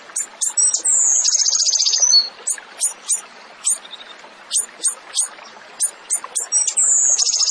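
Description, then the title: Tembakan bird song: sharp, high, clipped notes repeated irregularly, broken by long buzzy trills that slide slightly downward, heard twice. Masteran training recording for songbirds; the bird is described as gacor, singing often and energetically. "Masteran Burung Tembakan Gacor"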